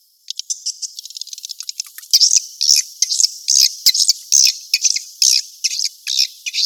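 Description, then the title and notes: Swiftlet calls: fast ticking twitters at first, then louder buzzy chirps in quick succession. Asia; sound used in swiftlet farming to attract birds. "Swiflet Bird Sound. Farming Swiflet Bird asia sound"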